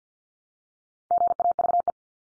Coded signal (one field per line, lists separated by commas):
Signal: Morse code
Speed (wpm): 50 wpm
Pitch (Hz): 700 Hz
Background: none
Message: GAVE